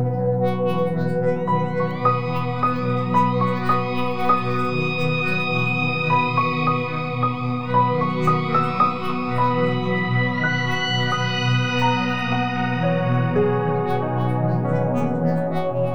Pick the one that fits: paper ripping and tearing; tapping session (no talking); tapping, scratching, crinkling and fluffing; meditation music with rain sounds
meditation music with rain sounds